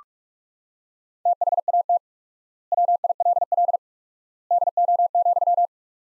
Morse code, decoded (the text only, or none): THAT WILL DO,